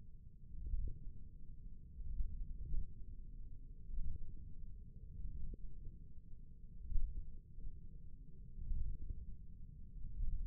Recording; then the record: forearm muscle sounds (acoustic myography)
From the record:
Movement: ulnar deviation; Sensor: system 1, eight BSWA MPA416 microphones around the upper forearm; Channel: 1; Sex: male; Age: 28 years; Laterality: right